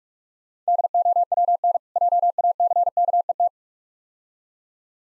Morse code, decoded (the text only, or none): DOWN JACKET